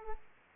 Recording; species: mosquito wingbeat signal from an infrared sensor; Aedes aegypti